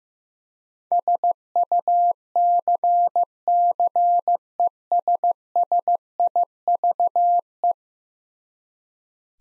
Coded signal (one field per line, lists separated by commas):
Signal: Morse code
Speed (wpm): 15 wpm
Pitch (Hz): 700 Hz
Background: none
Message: SUCCESSIVE